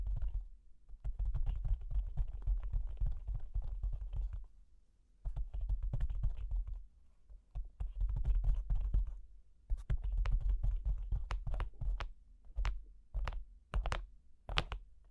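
Fingers tap and scratch on cork and wood in dense, uneven bursts with short pauses, ending in sparse, sharper single taps after twelve seconds.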